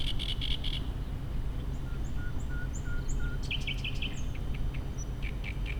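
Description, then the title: Common nightingale song: a fast stuttering burst of high notes, a run of pure repeated whistles, then further sharp notes, over a loud constant low mechanical drone. Singing beside a path near a solar facility at Le Bourget-du-Lac, France, with the low drone of ventilation blowers audible. "73370 Le Bourget-du-Lac, France - Rossignol"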